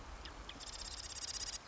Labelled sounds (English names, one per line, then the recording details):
Marsh Wren
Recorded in Sonoma County, California